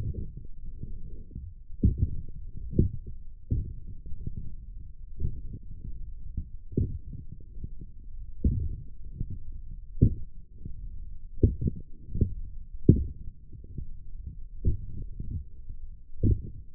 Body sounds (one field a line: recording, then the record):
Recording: forearm muscle sounds (acoustic myography)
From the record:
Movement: forearm pronation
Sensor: system 1, eight BSWA MPA416 microphones around the upper forearm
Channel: 2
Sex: male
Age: 21 years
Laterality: right